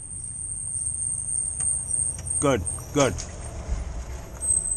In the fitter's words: that'll hold it in there nope it's still popping out keeps coming off